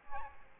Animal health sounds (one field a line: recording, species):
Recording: mosquito wingbeat signal from an infrared sensor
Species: Aedes albopictus